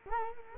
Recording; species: mosquito wingbeat signal from an infrared sensor; Culex quinquefasciatus